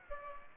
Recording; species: mosquito wingbeat signal from an infrared sensor; Aedes aegypti